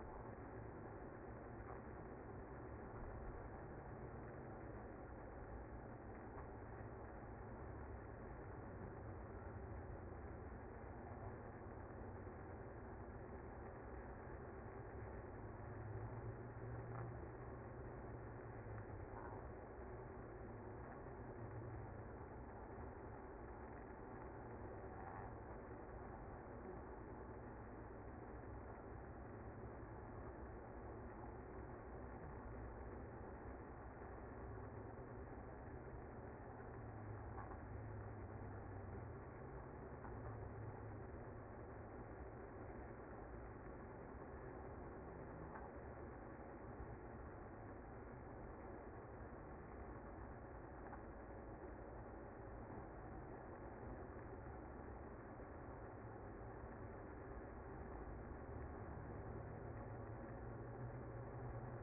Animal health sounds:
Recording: honeybee colony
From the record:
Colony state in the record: active

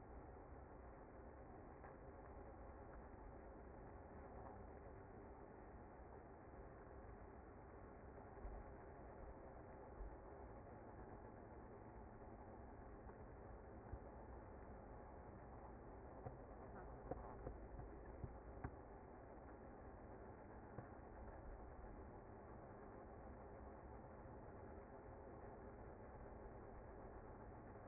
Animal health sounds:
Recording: honeybee colony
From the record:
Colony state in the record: active

